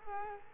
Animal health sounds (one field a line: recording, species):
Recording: mosquito wingbeat signal from an infrared sensor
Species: Culex quinquefasciatus